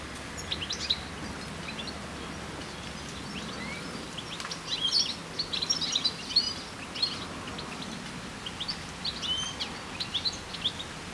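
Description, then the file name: European goldfinch calls, bright twittering phrases in two main bursts, with quieter chirps between them and a continuous low hiss behind. "Carduelis carduelis"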